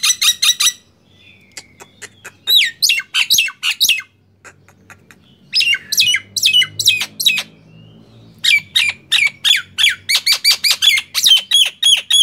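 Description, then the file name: Nias hill myna singing loud, harsh squawks and sharp whistled notes in rapid bursts, with short pauses between volleys. "suara jalak nias"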